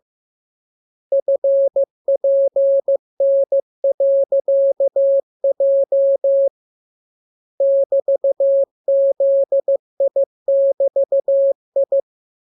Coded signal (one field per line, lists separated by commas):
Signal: Morse code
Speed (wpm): 15 wpm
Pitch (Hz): 550 Hz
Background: none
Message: FPN.J <BT>ZI<BT>I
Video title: Learning Morse Code. Lesson 17. Letter KMURESNAPTLWI.JZ=F